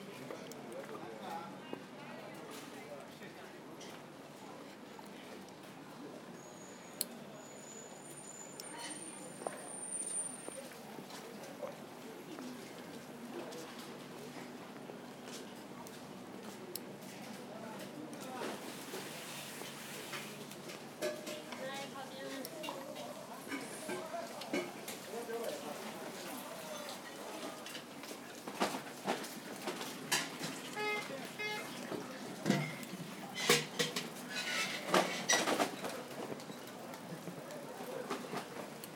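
A walk down Jiang Ning Lu with steady street murmur, scattered voices, clinks and footsteps, busier and louder clattering after twenty seconds.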